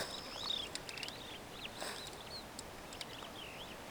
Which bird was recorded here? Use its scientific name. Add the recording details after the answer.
Lamprotornis superbus. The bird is a male. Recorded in Kenya on 2 June 2010. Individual 110, of group WDB